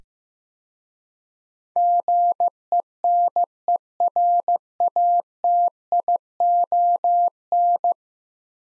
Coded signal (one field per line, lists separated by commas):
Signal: Morse code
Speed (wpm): 15 wpm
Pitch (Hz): 700 Hz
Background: none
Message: GENERATION